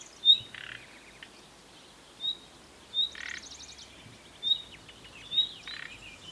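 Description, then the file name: Common nightingale: several piercing whistles, some followed by rasping croaks, with a short run of rattling notes in the middle. "Luscinia megarhynchos"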